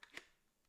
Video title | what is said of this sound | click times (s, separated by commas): Présentation complète de la RED V-Raptor | Pourquoi je se clipse pas? Non, je l'ai pas mise à l'envers pourtant. | none